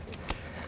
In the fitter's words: pops right back in there